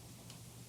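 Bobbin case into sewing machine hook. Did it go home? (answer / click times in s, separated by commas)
yes / 0.3 s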